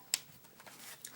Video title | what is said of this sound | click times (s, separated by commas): Dye Rotor 2012 Disassembly and Tension Adjustment | put back your uh locks right there it's all locked into place | 0.1 s